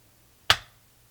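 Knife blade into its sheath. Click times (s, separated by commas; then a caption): 0.5 s. An Esee 4 fixed-blade tactical survival knife is pushed into its hard polymer sheath with a hard nudge of the thumb. A single sharp, bright snap sounds at 0.5 s and decays quickly in near silence. The blade locks in and is seated in the sheath.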